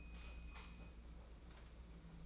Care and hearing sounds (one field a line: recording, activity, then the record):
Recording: daily activity, microphone in the room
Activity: light off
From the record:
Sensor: 1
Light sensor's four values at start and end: 14/40/15/17 and 14/40/15/17